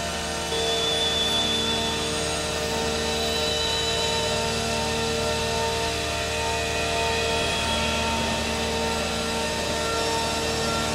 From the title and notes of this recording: The signals were captured with the use of an EM coil pick up. Recordings of EM signals produced by a Piccadilly Line tube train travailing between Green Park and Holborn stations.